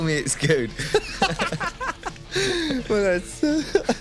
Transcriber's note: laughter